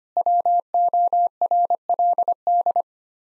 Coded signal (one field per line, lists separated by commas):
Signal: Morse code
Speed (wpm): 25 wpm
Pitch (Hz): 700 Hz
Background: none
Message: WORLD